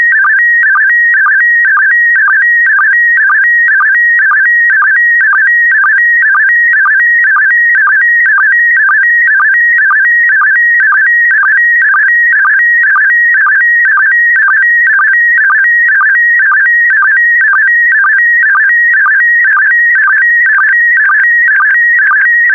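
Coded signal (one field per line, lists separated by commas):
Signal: SSTV (slow-scan television)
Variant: PD120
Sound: steady warbling tone stepping between pitches, with short low chirps about twice a second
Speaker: transmission complete you can now check your decoded image against the picture that is shown on the video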